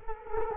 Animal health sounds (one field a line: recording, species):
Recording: mosquito wingbeat signal from an infrared sensor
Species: Culex quinquefasciatus